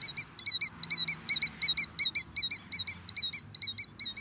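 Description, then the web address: Killdeer calling: a rapid series of shrill, high notes, repeated about three per second. "Birdnote. Killdeer"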